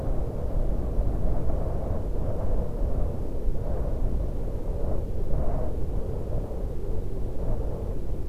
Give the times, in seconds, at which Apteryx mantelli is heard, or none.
none